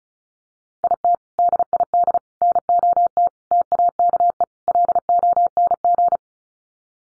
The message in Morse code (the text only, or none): IT DID NOT TAKE LONG